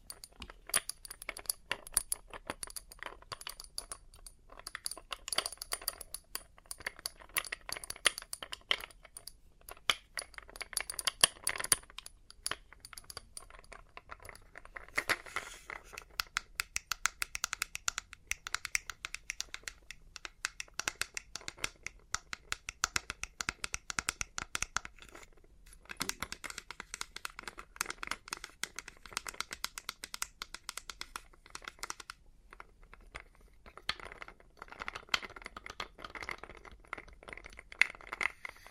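Experimental triggers made with test tubes: a dense run of tiny clicks, taps and glassy clinks that rarely pauses for long. The tapping is bright and crisp, with a busier, louder stretch from about 15 to 25 seconds and brief lulls near 12 and 26 seconds.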